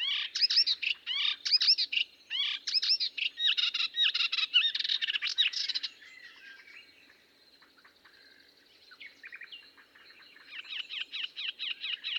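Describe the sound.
Melodious warbler song, a fast jumbled chatter of varied twittering notes that stops briefly and then resumes.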